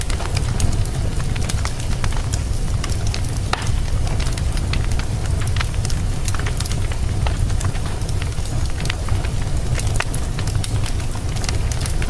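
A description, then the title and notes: A fireplace burns steadily, a deep low roar filling the bottom under frequent sharp crackles and pops scattered throughout, some brighter snaps near four and ten seconds. The level stays even for the whole stretch, dense with no pauses. The gentle crackling of a roaring fireplace. The warmth and comfort of a flickering fire.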